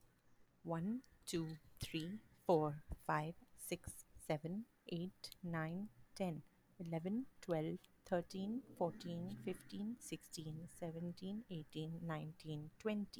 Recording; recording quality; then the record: counting at a normal pace; excellent, no background noise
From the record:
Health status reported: healthy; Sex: female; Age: 43 years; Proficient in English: yes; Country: India